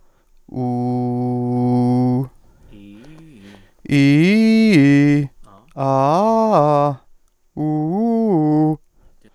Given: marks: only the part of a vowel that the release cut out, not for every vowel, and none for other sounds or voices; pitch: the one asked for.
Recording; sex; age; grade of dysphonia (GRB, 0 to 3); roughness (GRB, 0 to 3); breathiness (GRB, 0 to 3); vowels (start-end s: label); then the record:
sustained vowels; male; 30 to 39 years; 0; 0; 0
0.64-2.13 s: vowel /u/, low pitch
3.99-5.12 s: vowel /i/, low-high-low pitch
5.86-6.89 s: vowel /a/, low-high-low pitch
7.63-8.68 s: vowel /u/, low-high-low pitch
From the record:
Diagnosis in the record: healthy voice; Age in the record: 32 years